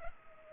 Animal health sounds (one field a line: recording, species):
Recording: mosquito wingbeat signal from an infrared sensor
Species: Culex pipiens